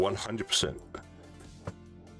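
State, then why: Seated. A plastic C-clip part on a model kit is pressed onto its post and snaps home with a short, sharp click at 1.7 s. Before that, someone talks over music, and the result is a seated, satisfying click.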